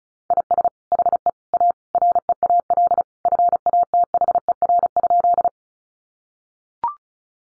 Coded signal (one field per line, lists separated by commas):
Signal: Morse code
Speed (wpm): 34 wpm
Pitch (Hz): 700 Hz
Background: none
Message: IS HE A REAL FATHER?